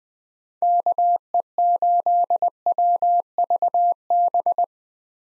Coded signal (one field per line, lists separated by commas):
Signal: Morse code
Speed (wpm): 20 wpm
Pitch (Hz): 700 Hz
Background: none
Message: KE8WVB